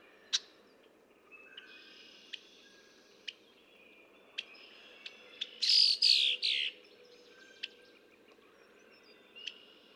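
Red-winged blackbird song, a loud buzzy rasping burst near the middle, with sharp clicking chips scattered around it.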